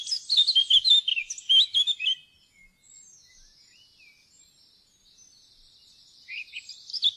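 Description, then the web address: Eurasian blackcap song: a two-second burst of rich warbling, quiet soft twitters, then a few sharp notes resuming near the end. "fuglelyder- munk"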